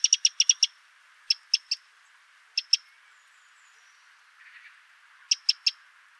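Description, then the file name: Eurasian wren calls, quick clusters of hard ticking notes separated by short pauses, with a faint softer chatter in between. "Troglodytes troglodytes"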